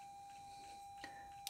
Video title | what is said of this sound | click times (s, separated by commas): My C63 AMG Doesn't Run On Gasoline Anymore! More Power & Less Emissions For Cheap! | that's it. So that one's in. It just clicks right in. | 1.5 s